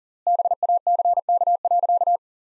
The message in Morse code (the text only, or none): BACK.